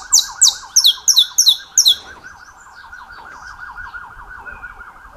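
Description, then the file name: Saffron finch sings several sharp, high, falling chips in quick succession, then stops while a wavering, siren-like tone continues throughout. "Canto-do-Canário-da-Terra"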